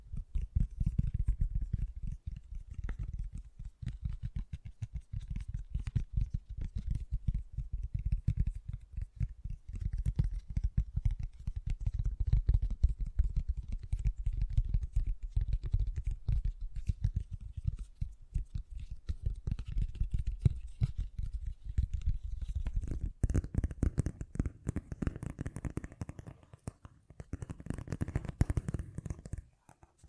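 Fast, gentle tapping runs without pause, a dense patter of soft, low thuds with light clicking on top. After about 23 seconds the taps turn brighter and crisper, with more scratchy detail, before easing off near the end.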